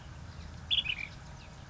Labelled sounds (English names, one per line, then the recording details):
Ash-throated Flycatcher
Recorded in Sonoma County, California